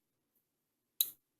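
As a pin is slowly withdrawn from the trigger pack of a Mossberg Maverick 88 pump shotgun, with a finger held on top, a spring-loaded internal part under spring pressure releases. It makes one short, sharp, bright click at 1.0 s against otherwise near silence. The part clicks free as the pin clears.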